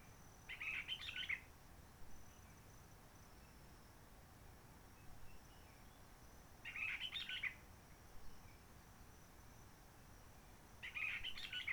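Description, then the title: Réunion bulbul song, short warbled chattering phrases repeated roughly every five seconds over a steady low hiss of background noise. Roche Merveilleuse forest, Réunion; calm since 19 March 2020 lockdown, no microlights, helicopters or shouting children; sunny blue-sky weather; birds not very active; song simpler, short phrases adapted to noise pollution. "Roche Merveilleuse, Réunion - Merle de lîle de la Réunion."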